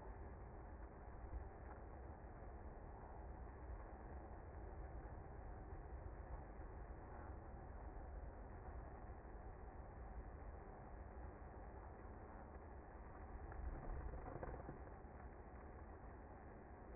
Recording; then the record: honeybee colony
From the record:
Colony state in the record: active